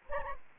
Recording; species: mosquito wingbeat signal from an infrared sensor; Anopheles gambiae